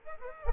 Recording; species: mosquito wingbeat signal from an infrared sensor; Aedes aegypti